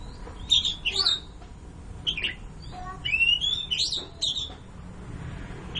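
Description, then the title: Long-tailed shrike song of scattered squawky notes and rising slurred whistles over a steady background hiss. "Kicau Burung Pentet"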